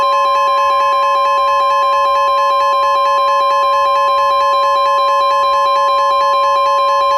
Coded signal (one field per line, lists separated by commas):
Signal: Emergency Alert System (SAME) tones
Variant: 1050 Hz attention tone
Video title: Mortal Kombat An EAS Scenario